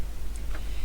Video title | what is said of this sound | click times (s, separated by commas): Wing It Wednesday with Bec 03 09 25 | and it clicks into place like that. | 0.4 s